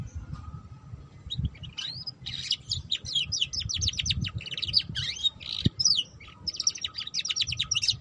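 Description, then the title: Canary song, fast and high, with clipped chirps, rolling trills and short whistled slurs strung almost without pause, backed by soft low rumble and a thin steady hum. Belgian canary song used to warm up and stimulate canaries to sing, teaching the ngeriwik song style. "Canto Para Esquentar Canário Belga. Suara Kenari Belajar Bunyi Ngeriwik || Cocok Untuk Pancingan Kenari Ngeriwik"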